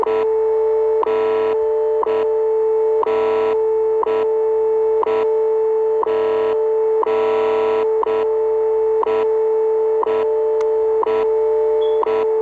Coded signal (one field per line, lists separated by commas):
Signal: radio time signal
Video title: WWV with execllent signal.